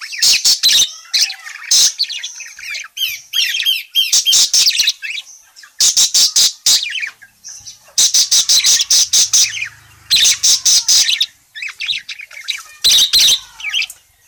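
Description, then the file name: Parakeet chattering in loud bursts of rapid, harsh chirps and buzzy clicks, separated by short pauses, with softer warbling between bursts. Parakeet described as gacor (very vocal, chatty), calling. "suara burung parkit gacor memanggil"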